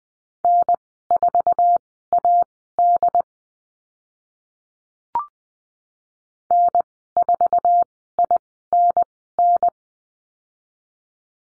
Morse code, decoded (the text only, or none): N4AD N4INN